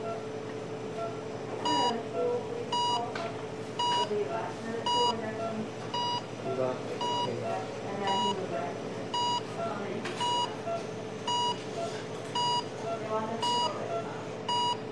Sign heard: Hospital Ventilator Running.